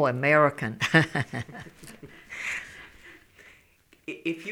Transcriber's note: she laughs